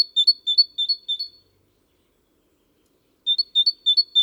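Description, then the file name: Great tit singing ringing two-note phrases in a short run, then nearly two seconds of silence, then another short run. "Parus major"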